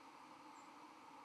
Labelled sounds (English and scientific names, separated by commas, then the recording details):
White-throated Sparrow (Zonotrichia albicollis) flight call
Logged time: 04:00 on 31 October 2014